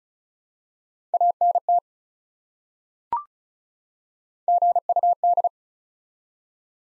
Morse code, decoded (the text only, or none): ANT GUD